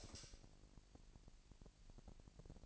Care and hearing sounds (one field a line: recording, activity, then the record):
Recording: daily activity, microphone in the room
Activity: light off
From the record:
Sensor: 5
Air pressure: 1002.0 hPa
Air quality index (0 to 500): 227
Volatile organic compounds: 30 ppm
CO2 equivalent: 2960 ppm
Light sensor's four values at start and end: 16/37/15/17 and 15/35/14/16